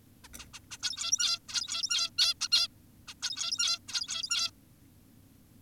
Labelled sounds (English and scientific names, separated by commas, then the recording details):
Zebra Finch (Taeniopygia guttata)
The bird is an adult
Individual g17y2U